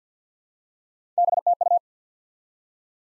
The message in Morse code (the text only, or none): BTU